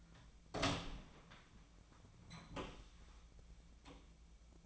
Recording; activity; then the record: daily activity, microphone in the room; open door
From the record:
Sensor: 1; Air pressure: 1009.2 hPa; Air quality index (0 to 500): 188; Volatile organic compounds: 4 ppm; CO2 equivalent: 1584 ppm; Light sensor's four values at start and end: 63/149/66/72 and 61/146/64/71